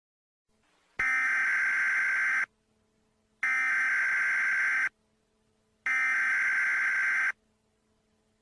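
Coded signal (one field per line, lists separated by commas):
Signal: Emergency Alert System (SAME) tones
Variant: header bursts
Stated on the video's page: Fictional EAS scenario depicting a sea level rise outbreak; simulated alert, not a real broadcast.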